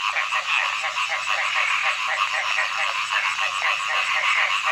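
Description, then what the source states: Dense frog chorus, many raspy croaks blurring into a continuous buzzing wall of sound. Frogs singing in early summer.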